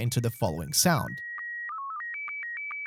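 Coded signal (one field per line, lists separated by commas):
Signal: SSTV (slow-scan television)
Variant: Scottie 1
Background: speech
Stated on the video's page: SSTV signal heard in the survival horror game Signalis.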